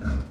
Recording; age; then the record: pig call; growing-finishing pig (85 days or more)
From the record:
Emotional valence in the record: positive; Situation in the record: run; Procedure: transit